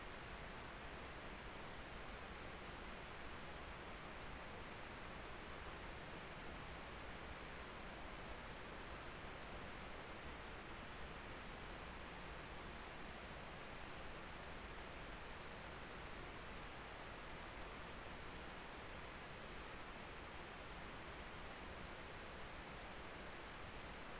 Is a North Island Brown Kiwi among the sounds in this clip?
no